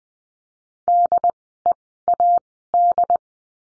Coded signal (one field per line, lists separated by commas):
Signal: Morse code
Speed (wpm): 19 wpm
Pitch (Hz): 700 Hz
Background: none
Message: DEAD